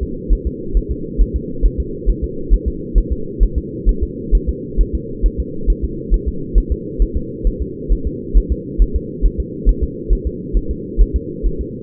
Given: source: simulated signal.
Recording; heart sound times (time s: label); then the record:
fetal heart sounds
0.03 s: S2
0.33 s: S1
0.47 s: S2
0.77 s: S1
0.91 s: S2
1.21 s: S1
1.36 s: S2
1.66 s: S1
1.80 s: S2
2.09 s: S1
2.24 s: S2
2.54 s: S1
2.68 s: S2
2.98 s: S1
3.12 s: S2
3.43 s: S1
3.58 s: S2
3.89 s: S1
4.03 s: S2
4.35 s: S1
4.49 s: S2
4.81 s: S1
4.95 s: S2
5.26 s: S1
5.40 s: S2
5.70 s: S1
5.84 s: S2
6.14 s: S1
6.28 s: S2
6.58 s: S1
6.72 s: S2
7.02 s: S1
7.17 s: S2
7.47 s: S1
7.62 s: S2
7.92 s: S1
8.07 s: S2
8.37 s: S1
8.52 s: S2
8.82 s: S1
8.96 s: S2
9.26 s: S1
9.40 s: S2
9.69 s: S1
9.83 s: S2
10.13 s: S1
10.27 s: S2
10.57 s: S1
10.71 s: S2
11.02 s: S1
11.16 s: S2
11.47 s: S1
11.61 s: S2
From the record:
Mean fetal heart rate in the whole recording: 135 bpm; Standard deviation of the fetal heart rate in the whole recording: 3 bpm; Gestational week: 36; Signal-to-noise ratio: -4.3 dB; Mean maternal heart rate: 72 bpm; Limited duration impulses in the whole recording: absent